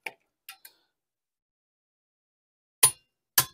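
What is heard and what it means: A click-type torque wrench set to 100 ft-lb tightens the next mounting bolt across the bolt pattern on a Dexter 3,500 axle of a travel trailer; the axle requires 100 ft-lb. A few faint metallic clinks come at 0.1, 0.5 and 0.7 s. Two sharp, loud clicks follow at 2.8 and 3.4 s as the wrench reaches its setting, confirming the bolt is torqued.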